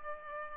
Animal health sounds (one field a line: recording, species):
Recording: mosquito wingbeat signal from an infrared sensor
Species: Culex pipiens